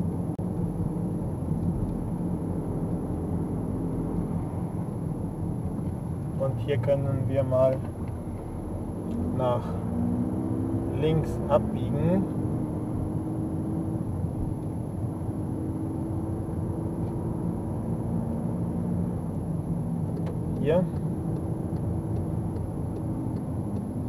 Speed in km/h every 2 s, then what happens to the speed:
36, 35, 25, 20, 25, 31, 31, 33, 35, 32, 32, 25.
0-5 slows to 20. 5-15 speeds up to 35. 15-20 steady at about 32. 20-24 slows to 25.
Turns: none.